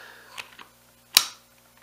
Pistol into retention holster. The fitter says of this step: audible click once it's in there it is gonna stay in there it is not gonna come out